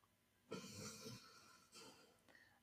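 Two rough, noisy breaths, the first lasting nearly a second and the second shorter, with a low rattling flutter beneath a hissy airflow sound. This is a dog, Taya, snoring, with a quiet room in the background.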